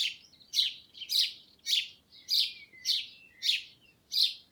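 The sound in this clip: Sparrow chirps, bright and sharp, repeated roughly every half second in a steady series of about eight notes over a faint low background hum.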